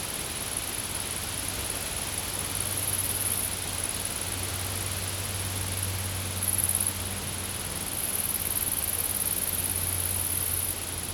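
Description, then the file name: Insects give a constant thin high-pitched hiss that swells in several louder bursts, above a broad low rumble. Recorded in a field. "Insects In The Field"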